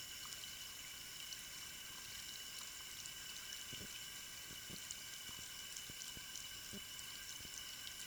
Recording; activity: daily activity, guitar pickup as the sensor; wash hands